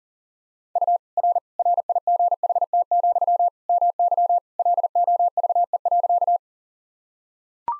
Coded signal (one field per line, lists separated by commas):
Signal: Morse code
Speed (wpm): 40 wpm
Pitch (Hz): 700 Hz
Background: none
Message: U R RIGHT, MY LOVE.